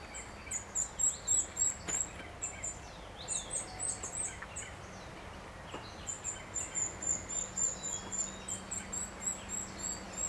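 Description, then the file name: Eurasian nuthatch calling in rapid runs of high, thin, piping notes over a steady low background noise. "Sitta europaea"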